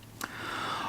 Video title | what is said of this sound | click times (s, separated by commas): Nikon S2 Camera | and it locks in place and the camera is ready to go | 0.2 s